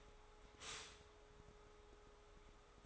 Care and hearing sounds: daily activity, microphone in the room; stop toaster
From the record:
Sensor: 3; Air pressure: 1014.7 hPa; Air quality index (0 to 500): 198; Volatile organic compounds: 25 ppm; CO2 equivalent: 2835 ppm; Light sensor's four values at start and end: 4/10/4/4 and 4/10/4/4

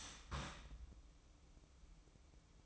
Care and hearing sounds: daily activity, microphone in the room; start toaster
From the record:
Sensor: 1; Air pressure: 1007.3 hPa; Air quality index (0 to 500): 79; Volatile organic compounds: 1 ppm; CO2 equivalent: 683 ppm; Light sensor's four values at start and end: 8/18/7/8 and 8/18/7/8

